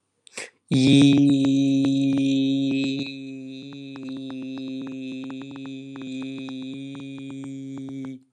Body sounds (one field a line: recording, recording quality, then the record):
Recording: sustained vowel as in beet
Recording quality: excellent, no background noise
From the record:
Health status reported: healthy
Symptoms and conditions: none ticked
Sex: male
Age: 19 years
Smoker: not ticked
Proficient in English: yes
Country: India